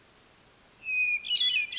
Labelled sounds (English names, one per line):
Hermit Thrush